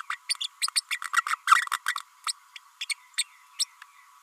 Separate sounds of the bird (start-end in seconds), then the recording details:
0.10-0.17, 0.29-0.35, 0.40-0.48, 0.61-0.68, 0.76-0.81, 0.90-0.99, 1.16-1.23, 1.26-1.36, 1.55-1.67, 2.26-2.33, 2.81-2.85, 2.89-2.94, 3.59-3.65. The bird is a female. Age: 32 days. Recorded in a nest box in Venezuela. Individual 17B32A5